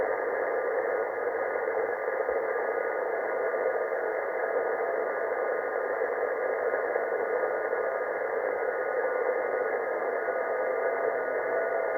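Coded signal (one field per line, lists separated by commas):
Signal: FT8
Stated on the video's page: ATS25 max-Decoder amateur radio receiver with built-in decoder for Morse code and digital modes.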